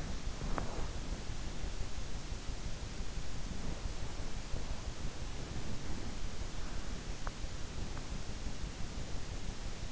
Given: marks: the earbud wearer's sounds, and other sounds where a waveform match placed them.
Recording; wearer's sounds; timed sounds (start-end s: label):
sounds in sleep by an in-ear microphone; body movement
0.00-1.51 s: body movement